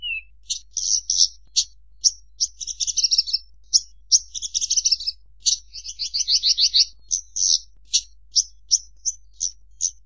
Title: Suara Burung Branjangan